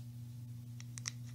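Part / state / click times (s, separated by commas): safety release button on a gimbal head quick-release clamp holding a lens plate / released / 1.0 s, 1.1 s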